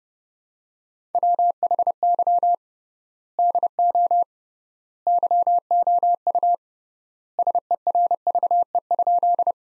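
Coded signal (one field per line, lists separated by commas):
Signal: Morse code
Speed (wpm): 30 wpm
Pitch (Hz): 700 Hz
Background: none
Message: WHY DO YOU SERVE?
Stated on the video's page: Morse practice sentences from the top 400 words at 30 wpm, sent with 3x standard word spacing, a Farnsworth-like method.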